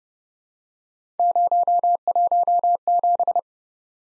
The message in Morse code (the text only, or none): 017